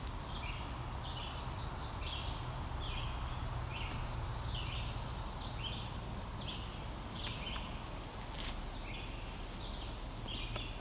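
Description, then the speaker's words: Red-eyed Vireo song: short slurred phrases repeated in the background, with a thin high trill from another bird over a steady low rumble. Red-eyed vireos singing in the background, southern Ontario. "Do you hear the red eye vireos in the background?"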